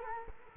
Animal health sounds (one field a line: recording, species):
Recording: mosquito wingbeat signal from an infrared sensor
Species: Culex quinquefasciatus